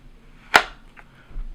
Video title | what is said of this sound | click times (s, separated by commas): 1st Video! My EDC 2023 | it's got good solid retention in it if I put it in here you'll hear a click | 0.6 s